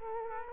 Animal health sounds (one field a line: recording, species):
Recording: mosquito wingbeat signal from an infrared sensor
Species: Culex quinquefasciatus